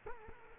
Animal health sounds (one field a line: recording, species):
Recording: mosquito wingbeat signal from an infrared sensor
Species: Culex quinquefasciatus